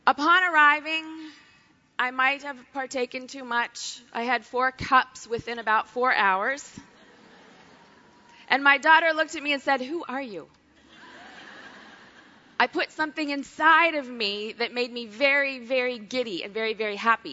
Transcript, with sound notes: upon arriving—I might have partaken too much—I had four cups within about four hours. (laughter) And my daughter looked at me and said, “Who are you?” (laughter) I put something inside of me that made me very, very giddy and very, very happy.